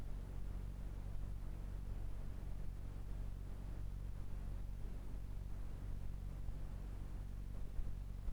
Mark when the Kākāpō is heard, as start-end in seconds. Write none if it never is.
none